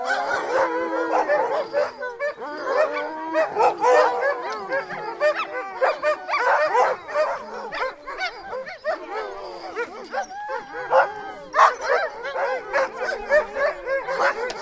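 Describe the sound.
Sled dogs in a dense, continuous din of yips, barks and whines from many animals at once, hardly a gap across the whole stretch.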